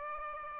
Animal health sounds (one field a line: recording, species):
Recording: mosquito wingbeat signal from an infrared sensor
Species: Aedes albopictus